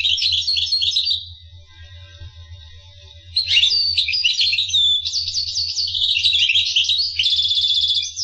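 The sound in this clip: Finch song, a burst of high twitter, a quieter gap, then a long lively stretch of rapid chirps, trills and buzzy rattles, with a constant low hum.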